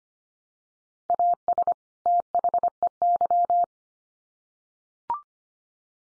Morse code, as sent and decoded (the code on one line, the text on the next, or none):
.- ... / - .... . -.--
AS THEY